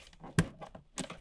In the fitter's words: A little push, you'll hear that little snap.